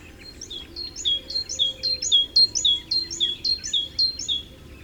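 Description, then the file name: Great tit singing steady, ringing two-note phrases, high then lower, repeated evenly throughout with a faint low hum beneath. "Parus major"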